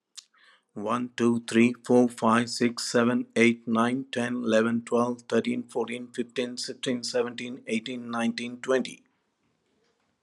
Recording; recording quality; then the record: counting at a fast pace; excellent, no background noise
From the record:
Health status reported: healthy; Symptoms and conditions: hypertension, diabetes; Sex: male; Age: 64 years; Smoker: not ticked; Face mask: not worn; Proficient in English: yes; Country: India